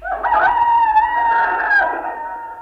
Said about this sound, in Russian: Второй петух, прощайтесь.